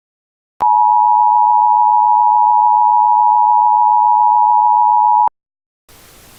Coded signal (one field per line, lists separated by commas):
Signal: Emergency Alert System (SAME) tones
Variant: 853 and 960 Hz attention tone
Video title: EAS Scenario #1 - PJ Masks Villians pt1